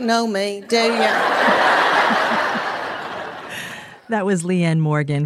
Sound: laughter

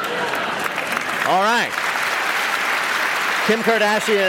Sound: applause

